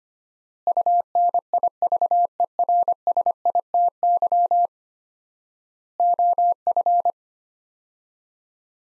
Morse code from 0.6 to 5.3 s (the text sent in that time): UNIVERSITY